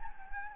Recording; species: mosquito wingbeat signal from an infrared sensor; Anopheles gambiae